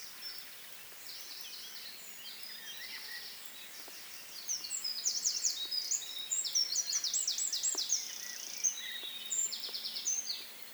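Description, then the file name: Eurasian wren song, quiet trills early on, swelling after four seconds into a loud, fast cascade of high rattling trills, with a steady low hum beneath. "Troglodytes troglodytes"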